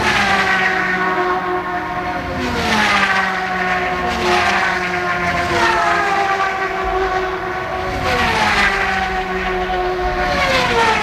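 Race cars scream past one after another every couple of seconds, each engine whine dropping in pitch over a constant loud roar.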